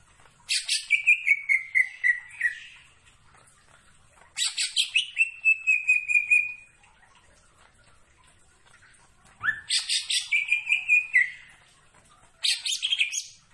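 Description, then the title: Greater green leafbird song: four bursts of rapid chattering notes, most ending in a falling whistle, separated by pauses. Singing actively, described with the Indonesian term gacor. "Cucak Ijo Gacor"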